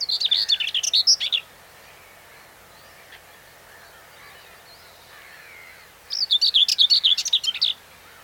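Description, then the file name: Common whitethroat singing two brisk, chattering, scratchy phrases, one at the start and another after several seconds of near silence. Song recorded 8 June 2020. "grasmus zang 8-6-20"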